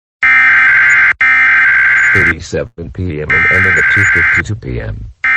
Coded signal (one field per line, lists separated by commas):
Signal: Emergency Alert System (SAME) tones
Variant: header bursts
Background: speech